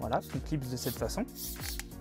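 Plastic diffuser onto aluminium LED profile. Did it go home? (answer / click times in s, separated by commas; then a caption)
no / none. A plastic clip-on LED diffuser is being handled over the top of an aluminium LED profile while someone talks, with faint handling rustle under the voice. Nothing has seated or clicked yet; the diffuser is not yet home on the profile.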